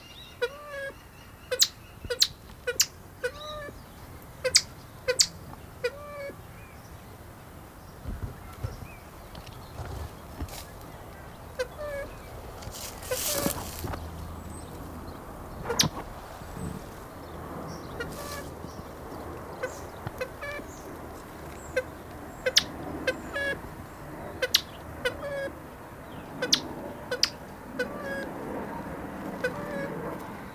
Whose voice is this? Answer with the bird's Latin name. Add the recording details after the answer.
Lophura edwardsi. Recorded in captivity. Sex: male. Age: adult. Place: Tierpark Berlin, Berlin, DE. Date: 1997-03-02 15:49. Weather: heiter, 15°C, böiger Wind. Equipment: Nagra SN, Kopie Uher 4000 Report Monitor. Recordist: Tembrock, Günter. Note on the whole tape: Männchen: zweisilbige und andere Laute am Gitter (auf Beobachter bezogen)